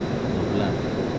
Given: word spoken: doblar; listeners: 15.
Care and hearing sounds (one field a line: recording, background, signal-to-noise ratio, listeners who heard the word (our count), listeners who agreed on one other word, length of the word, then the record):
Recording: one Spanish word in noise, from a listening test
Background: speech-shaped noise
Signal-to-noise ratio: -5.2 dB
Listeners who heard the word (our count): 2 of 15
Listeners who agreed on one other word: 10 of 15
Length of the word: 0.79 s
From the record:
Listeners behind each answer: 10, 2, 1, 1, 1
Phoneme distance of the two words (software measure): 30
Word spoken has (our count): 2 syllables, 6 phonemes, stress on syllable 2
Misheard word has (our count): 2 syllables, 6 phonemes, stress on syllable 2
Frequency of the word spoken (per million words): 4.81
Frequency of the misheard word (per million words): 2.43